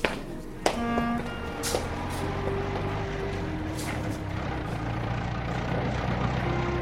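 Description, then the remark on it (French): A car drives slowly along jacaranda-lined roads beside the Nile, its engine a steady low rumble with a faint tonal whine riding above it and a few brief knocks early on; no one speaks. “La voiture roula doucement sur les routes bordées de jacaranda qui longent le fleuve.”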